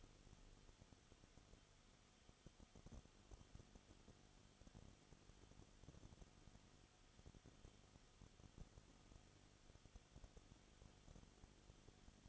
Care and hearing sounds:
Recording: daily activity, microphone in the room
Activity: no activity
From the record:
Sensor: 4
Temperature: 22.7 degrees Celsius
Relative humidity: 31.8%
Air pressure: 995.4 hPa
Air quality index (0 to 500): 158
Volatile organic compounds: 2 ppm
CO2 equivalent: 1256 ppm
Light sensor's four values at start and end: 2/3/1/1 and 2/3/1/1

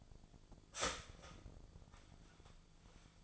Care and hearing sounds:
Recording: daily activity, microphone in the room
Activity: start toaster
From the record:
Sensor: 5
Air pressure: 1009.4 hPa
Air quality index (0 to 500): 169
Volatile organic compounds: 4 ppm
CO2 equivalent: 1634 ppm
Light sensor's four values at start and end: 89/237/96/102 and 89/237/96/101

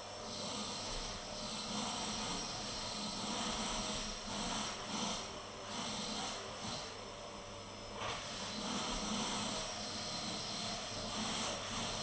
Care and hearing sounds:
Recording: daily activity, microphone in the room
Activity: vacuum cleaning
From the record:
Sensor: 4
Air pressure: 1000.1 hPa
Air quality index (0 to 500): 232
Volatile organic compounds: 32 ppm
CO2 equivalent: 2992 ppm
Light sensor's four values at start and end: 9/21/8/8 and 9/21/8/8

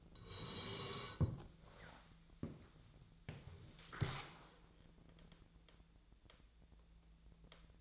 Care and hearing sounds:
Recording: daily activity, microphone in the room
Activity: sit down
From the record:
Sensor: 3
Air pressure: 1000.4 hPa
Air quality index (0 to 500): 169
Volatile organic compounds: 3 ppm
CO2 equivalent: 1472 ppm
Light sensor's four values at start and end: 14/33/14/15 and 15/34/15/15

